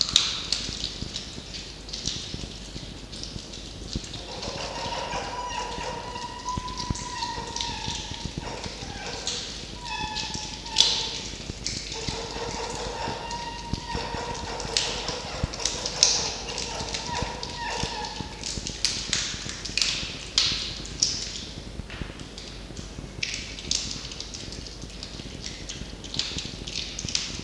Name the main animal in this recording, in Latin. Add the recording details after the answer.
Vulpes vulpes. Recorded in captivity. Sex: female. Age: adult. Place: Zoologisches Institut der HUB, Berlin, DE. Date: 1952-08-08 19:25. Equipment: Elmetra. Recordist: Tembrock, Günter. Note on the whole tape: Fiffi: Muffen (mit Fleisch)